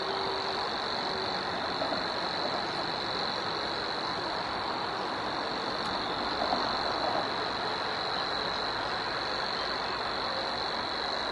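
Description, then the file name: Savi's warbler giving a long, sustained buzzing reel that never changes pitch or breaks, set against a persistent wash of background noise. "Locustella luscinioides"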